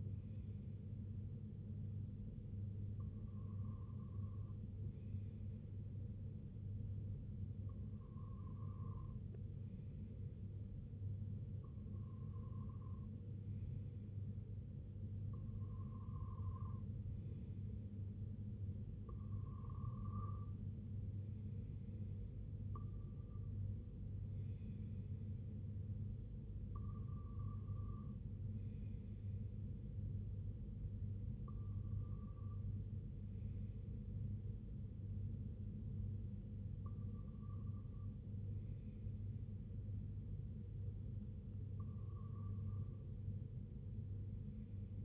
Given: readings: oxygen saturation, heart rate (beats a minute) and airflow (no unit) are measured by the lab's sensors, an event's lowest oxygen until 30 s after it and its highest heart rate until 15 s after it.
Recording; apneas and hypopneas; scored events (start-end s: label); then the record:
breathing in sleep by a smartphone at the bedside; none
none scored
From the record:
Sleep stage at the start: REM sleep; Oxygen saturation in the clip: 95 to 96%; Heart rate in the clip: 65 to 78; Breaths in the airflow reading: 10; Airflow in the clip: -5.8 to 4.0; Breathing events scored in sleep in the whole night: 258 in 7.4 hours asleep